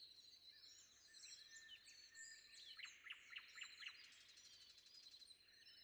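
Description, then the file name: Common nightingale song: mixed chirps building to five loud, sharp repeated notes, amid a dawn chorus of other birds and a steady high-pitched drone. Recorded before dawn. "predawn nightingale"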